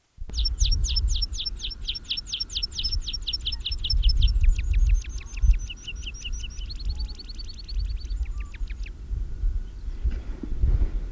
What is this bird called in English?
Meadow Pipit